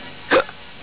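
A single sharp, abrupt burst lasting about a tenth of a second, with a sudden start and quick cutoff, followed by quiet. This is one hiccup from an adult, the involuntary catch of breath as the diaphragm spasms and the vocal cords snap shut.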